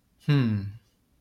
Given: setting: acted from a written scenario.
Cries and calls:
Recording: vocal sound without words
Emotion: neutral

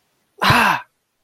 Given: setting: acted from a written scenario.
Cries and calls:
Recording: vocal sound without words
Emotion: pain

